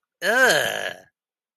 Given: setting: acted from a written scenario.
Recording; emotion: vocal sound without words; disgust